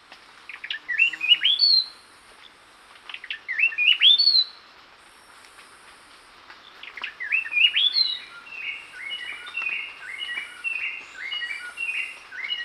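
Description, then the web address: Gray-breasted wood-wren singing bursts of rich, rising whistled phrases with pauses between, then a longer series of repeated whistled notes. Lower subtropical zone, Ecuador. "Birds of Ecuador. Gray-breasted Wood-Wren"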